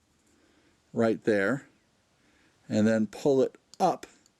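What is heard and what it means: Someone talks while handling the bobbin thread on a Consew 206RB-2 walking foot industrial sewing machine: the bobbin sits in its metal bobbin case, and the thread is led down into the groove, then pulled up toward the hole under the tension spring. A faint short tick comes near 4.3 s as the clip ends. The thread has not yet snapped into the tension slot, and nothing has seated or clicked.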